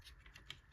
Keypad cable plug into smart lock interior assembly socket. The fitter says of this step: Make sure it clicks. You'll hear it click.